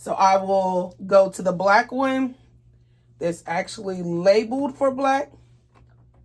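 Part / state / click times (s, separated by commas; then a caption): ink bottle into printer ink tank filling port / not seated / none. A black ink bottle is handled nozzle-down toward the keyed black filling port of an Epson EcoTank 2800 ink-tank printer while someone talks, followed by a few faint handling sounds near the end. Nothing has seated or clicked yet.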